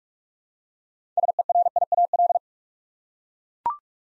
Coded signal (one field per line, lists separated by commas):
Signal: Morse code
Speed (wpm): 44 wpm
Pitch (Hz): 700 Hz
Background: none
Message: SERIAL